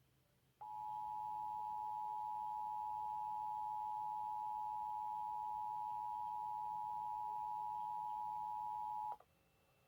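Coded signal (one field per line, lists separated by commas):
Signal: Emergency Alert System (SAME) tones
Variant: 853 and 960 Hz attention tone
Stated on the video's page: Required monthly test captured from a television station broadcast.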